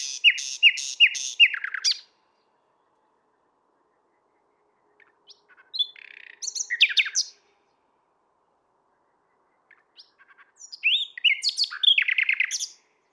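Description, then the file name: Common nightingale singing three separate phrases of rapid, rattling and chattering notes, with seconds of silence between each burst. "Luscinia megarhynchos"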